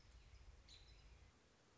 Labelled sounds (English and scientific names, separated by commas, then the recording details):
American Robin (Turdus migratorius)
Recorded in Sonoma County, California